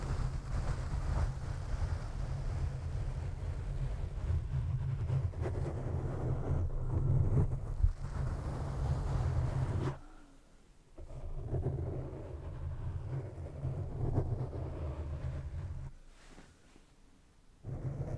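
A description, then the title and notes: Foam brushing and scratching across a mic, a dense rustling rumble that stays heavy for ten seconds, then softens with brief quiet gaps. Mic Brushing, Scratching & Tingly Foam Sounds.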